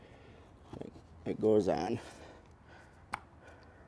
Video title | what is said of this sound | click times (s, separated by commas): How To: Oil Change-Honda CTX1300 | And you'll feel it kind of click in place there. | 3.1 s